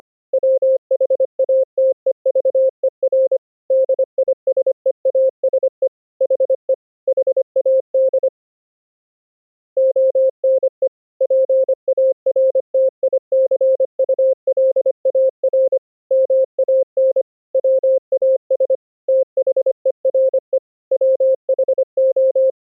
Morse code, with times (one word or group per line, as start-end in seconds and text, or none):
0.3-3.4 WHATEVER
3.7-5.9 DISEASE
6.2-6.7 HE
7.1-8.3 HAD
9.8-10.9 ONE
11.2-15.8 PARTICULAR
16.1-17.2 MAN
17.5-18.8 WAS
19.1-20.6 THERE
20.9-22.5 WHO